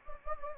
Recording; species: mosquito wingbeat signal from an infrared sensor; Anopheles gambiae